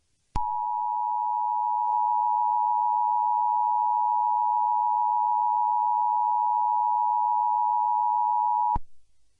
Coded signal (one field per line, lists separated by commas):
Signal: Emergency Alert System (SAME) tones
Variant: 853 and 960 Hz attention tone